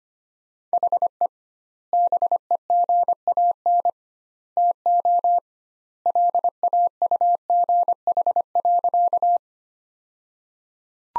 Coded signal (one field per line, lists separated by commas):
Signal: Morse code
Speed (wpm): 25 wpm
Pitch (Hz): 700 Hz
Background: none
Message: HE BEGAN TO LAUGH.